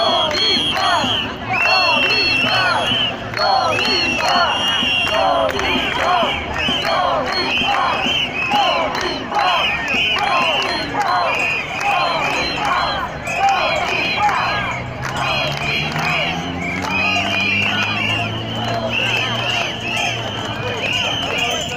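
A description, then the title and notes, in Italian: A street march at a city square: a dense crowd of voices talks and shouts at once, loud and steady throughout with repeated calls rising above the mass. From about fifteen seconds a low engine-like drone swells underneath the chatter. Corteo non Autorizzato P.zza Vittorio Dissidenti di Torino.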